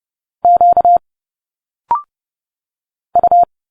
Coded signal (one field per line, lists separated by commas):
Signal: Morse code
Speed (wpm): 30 wpm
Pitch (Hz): 700 Hz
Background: none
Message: Q U